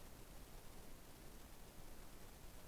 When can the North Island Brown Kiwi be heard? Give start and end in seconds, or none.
none